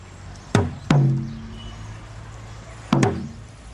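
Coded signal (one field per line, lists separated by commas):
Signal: talking drum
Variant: Akan atumpan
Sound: four deep resonant drum strokes in two pairs, each with a falling pitch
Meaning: Drums the name Gus to call the presenter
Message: Gus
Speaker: I can call you you can call me yeah what is your name my name my name is gas how would you do that how would you call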